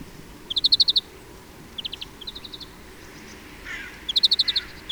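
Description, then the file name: European greenfinch rattling out fast trilled series, a loud burst, a softer pair of short trills, a brief rustle, then another loud burst. "Chloris chloris"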